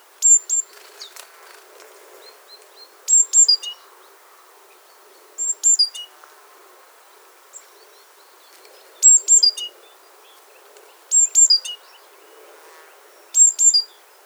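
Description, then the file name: Great tit calls: short clusters of high, sharp, downslurred notes repeated about every two to four seconds, quiet in between. "Parus major"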